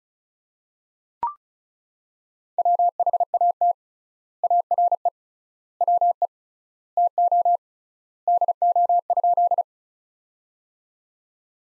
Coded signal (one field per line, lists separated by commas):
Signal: Morse code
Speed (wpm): 36 wpm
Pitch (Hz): 700 Hz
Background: none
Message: WHAT ARE WE TO DO?